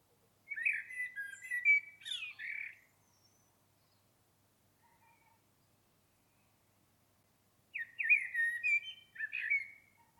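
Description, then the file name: Common blackbird song: two fluted, warbling phrases with twittering endings, separated by about five seconds of near silence. "Turdus merula"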